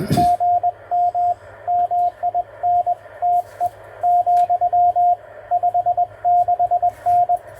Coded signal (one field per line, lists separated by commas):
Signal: Morse code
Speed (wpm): 20 wpm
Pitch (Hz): 710 Hz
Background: radio noise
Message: GM MINTE , 56N